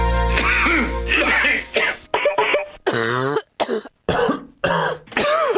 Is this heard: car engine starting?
no